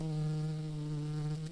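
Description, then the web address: Red-tailed bumblebee buzzing, a steady low droning hum with rich overtones, held evenly throughout without a break. Queen. "Lapidarius queens"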